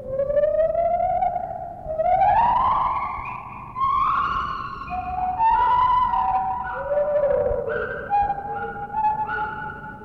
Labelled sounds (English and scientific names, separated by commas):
Lar Gibbon (Hylobates lar)